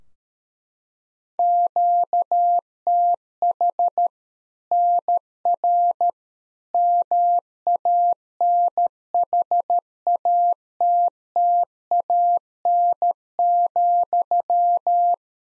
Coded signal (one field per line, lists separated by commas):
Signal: Morse code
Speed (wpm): 13 wpm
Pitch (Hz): 700 Hz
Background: none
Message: QTH NR MANHATTAN,